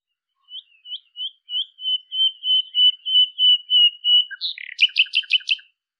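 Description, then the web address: Bird call: short rising whistled notes repeated steadily and speeding up into a smooth trill, ending in a brief burst of rapid buzzy notes. "cianscape birddata Deverinetal 2025"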